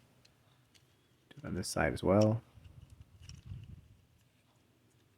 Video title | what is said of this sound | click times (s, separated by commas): Transformers War for Cybertron Studio Series 09 Gamer Edition Autobot Ratchet unboxing & review | We'll bring the shoulders all the way up until they lock into place. | 0.2 s